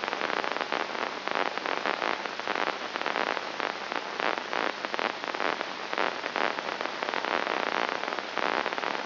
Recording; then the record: brain microelectrode recording played as sound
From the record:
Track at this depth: inside the subthalamic nucleus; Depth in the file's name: 2.104 mm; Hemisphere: left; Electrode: 2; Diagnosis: Parkinson's disease